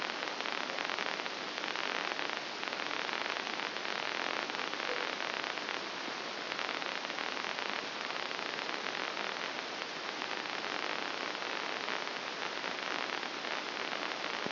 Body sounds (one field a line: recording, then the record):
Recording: brain microelectrode recording played as sound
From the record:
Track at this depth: inside the subthalamic nucleus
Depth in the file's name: 4.863 mm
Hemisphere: left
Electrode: 2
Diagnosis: Parkinson's disease